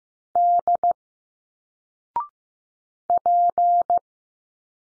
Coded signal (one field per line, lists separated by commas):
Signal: Morse code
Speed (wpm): 15 wpm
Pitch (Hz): 700 Hz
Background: none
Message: D P